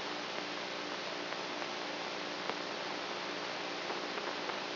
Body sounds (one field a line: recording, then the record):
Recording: brain microelectrode recording played as sound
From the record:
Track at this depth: outside the subthalamic nucleus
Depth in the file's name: 5.001 mm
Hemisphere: right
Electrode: 3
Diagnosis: Parkinson's disease